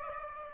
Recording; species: mosquito wingbeat signal from an infrared sensor; Aedes aegypti